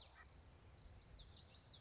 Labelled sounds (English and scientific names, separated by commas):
Common Yellowthroat (Geothlypis trichas)